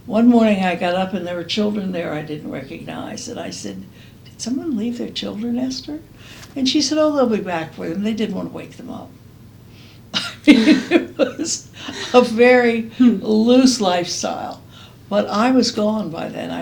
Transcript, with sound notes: One morning I got up and there were children there I didn’t recognize, and I said, “Did someone leave their children, Esther?” And she said, “Oh, they’ll be back for them. They didn’t want to wake them up.” [laughs] It was a very loose lifestyle. But I was gone by then.